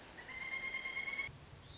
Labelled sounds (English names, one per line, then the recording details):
Pileated Woodpecker
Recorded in Sonoma County, California